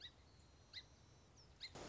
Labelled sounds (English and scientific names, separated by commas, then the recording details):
Song Sparrow (Melospiza melodia)
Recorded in Sonoma County, California